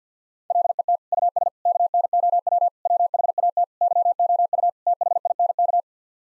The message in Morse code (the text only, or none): LET US KNOW WHAT YOU THINK